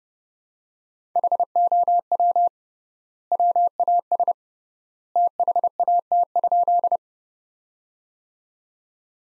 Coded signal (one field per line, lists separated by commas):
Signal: Morse code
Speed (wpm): 30 wpm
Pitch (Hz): 700 Hz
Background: none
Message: HOW WAS THAT?